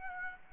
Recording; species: mosquito wingbeat signal from an infrared sensor; Aedes aegypti